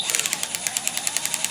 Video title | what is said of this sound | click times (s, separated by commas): Drill Safety and Operation | you can hear that clicking that clicking | 0.2 s, 0.3 s, 0.8 s, 0.9 s, 1.2 s